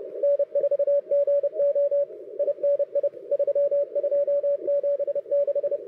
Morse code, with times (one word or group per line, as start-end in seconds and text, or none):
0.2-2.0 N4GO
2.4-3.1 INI
3.3-5.8 3276